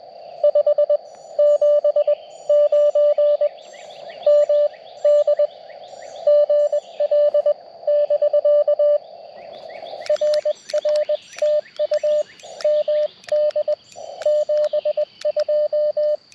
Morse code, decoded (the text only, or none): 579 MD GL <BK> RR TU MD 72